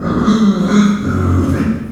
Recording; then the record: squeal of a Yucatan mini pig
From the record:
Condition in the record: after surgery on the right vocal fold (resection and tissue-engineered implant); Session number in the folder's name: 9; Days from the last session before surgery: 65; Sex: female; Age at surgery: 19 weeks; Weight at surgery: 25 kg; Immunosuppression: prednisolone